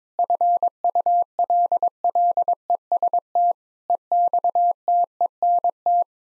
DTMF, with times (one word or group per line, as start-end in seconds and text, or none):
none